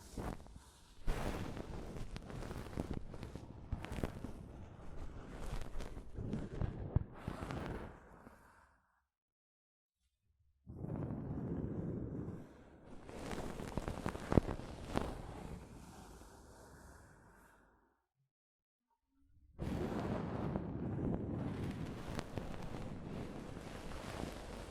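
Soft fabric brushes against a microphone in three rough bursts, each several seconds long, with full silence between them near 9 and 18 seconds. The rubbing is a dense, scratchy rustle with a heavy low rumble and frequent sharper crackles and swishes throughout.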